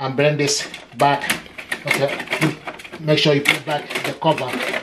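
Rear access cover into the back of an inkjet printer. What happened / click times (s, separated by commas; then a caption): The cover is being handled but has not clicked into place yet / none. After a paper jam is cleared, the rear access cover of an HP Envy Inspire 7920e all-in-one inkjet printer is brought back toward the back of the plastic printer to be pushed home, while someone talks throughout. The cover has not seated or clicked into place yet.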